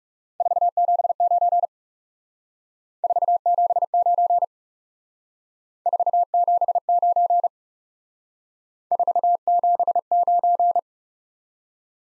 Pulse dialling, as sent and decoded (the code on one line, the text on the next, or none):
none